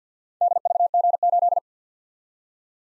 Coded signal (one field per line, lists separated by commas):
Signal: Morse code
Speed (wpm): 52 wpm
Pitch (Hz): 700 Hz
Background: none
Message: DVG8